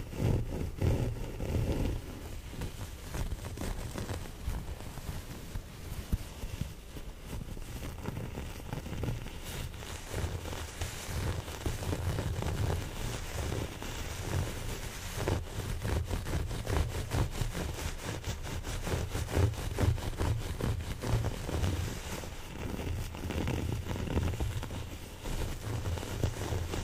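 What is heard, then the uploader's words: A towel is scratched and rubbed in a steady, dense rasp with a deep rumbling undertone and rapid irregular scrapes throughout. ASMR Towel Scratching.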